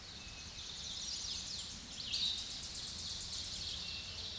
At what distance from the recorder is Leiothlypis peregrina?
about 45 m